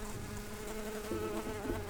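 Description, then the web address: Brown-banded carder bee buzzing, a steady droning hum with slight wavering throughout. Worker bees. "Humilis workers"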